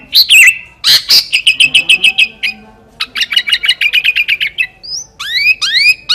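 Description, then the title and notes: Sooty-headed bulbul song mixing sharp chirps with fast rattling series of repeated notes and a few rising whistled slurs at the end. Recording meant as masteran, a tutor recording for training other songbirds. "suara burung kutilang buat masteran"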